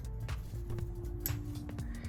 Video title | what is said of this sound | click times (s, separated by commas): How to Replace Brake Rotors & Pads on Lexus IS350 (Full DIY) | now everything is locked into place | 1.3 s